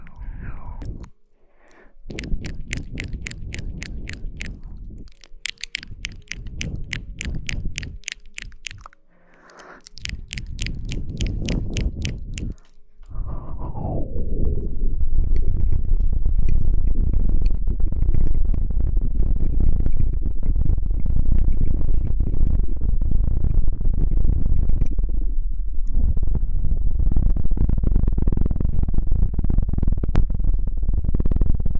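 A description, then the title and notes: Mouth sounds: for the first dozen seconds, quick bursts of sharp clicks come in short trains separated by brief pauses. A falling whistly tone follows, then a loud, dense, low rushing blow that continues to the end, easing briefly around 25 seconds. Mouth Sounds.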